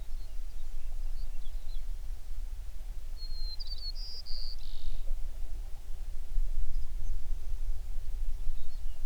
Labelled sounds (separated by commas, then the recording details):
songbird
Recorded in the Prudhoe Bay oil fields, Alaska, on 11 June 2019 at 04:59
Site 21